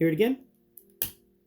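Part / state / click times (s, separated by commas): foot off toy leg / released / 1.0 s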